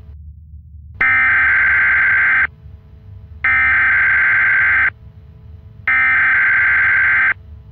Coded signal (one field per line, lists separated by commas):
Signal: Emergency Alert System (SAME) tones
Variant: header bursts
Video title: EAS Scenario: Alien's invade the Twin Cities